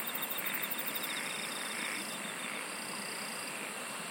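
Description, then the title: Insects singing: a very high rapid pulsing at the start, then steady shrill trills and a droning hum over constant noise. "SINGING OF INSECTS"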